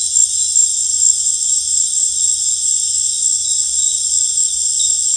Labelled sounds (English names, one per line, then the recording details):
none
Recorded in dense forest near Puerto Asís, Putumayo, Colombia, on 18 December 2024 at 18:30
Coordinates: 0.484, -76.325
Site G056